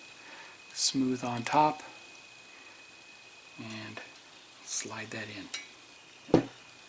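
A matching plastic part for the other side is slid into the plastic front body (nose clip) of a Goldfinger Aston Martin DB5 scale model car kit, Issue 20, Stage 77, while someone talks. A single sharp click at 6.3 s marks the part seating in place.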